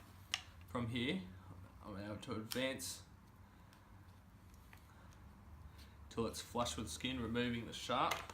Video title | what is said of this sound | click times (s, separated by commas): FAILED AIRWAY DRILL | I'll push on the cannula until I hear a click and I know that the green mechanism here is clicked from | 0.3 s